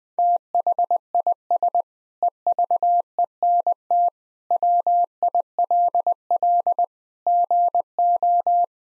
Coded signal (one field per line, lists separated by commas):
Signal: Morse code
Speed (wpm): 20 wpm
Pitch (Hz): 700 Hz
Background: none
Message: THIS EVENT WILL GO